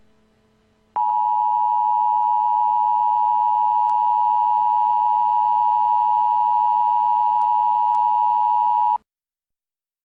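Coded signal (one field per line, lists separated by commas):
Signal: Emergency Alert System (SAME) tones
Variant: 853 and 960 Hz attention tone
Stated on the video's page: Fictional mock EAS alert about a dirty bomb, made for entertainment only.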